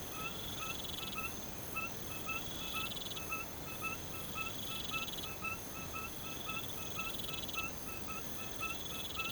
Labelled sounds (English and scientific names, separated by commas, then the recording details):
none
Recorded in pastures near Puerto Asís, Putumayo, Colombia, on 21 March 2025 at 03:30
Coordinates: 0.486, -76.323
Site G075